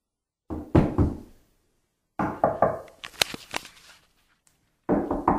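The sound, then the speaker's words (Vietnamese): A woman locked in a room knocks hard and urgently on the locked door in three bursts of heavy thuds, the middle flurry fastest with sharp, rapid raps, separated by short silences. “Cửa đã bị khóa rồi, kéo như thế nào cũng không ra. Cô gấp đến nỗi đổ đầy mồ hôi, gõ cửa thật mạnh.”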